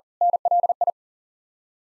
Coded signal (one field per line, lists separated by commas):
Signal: Morse code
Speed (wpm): 40 wpm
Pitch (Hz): 700 Hz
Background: none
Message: NLI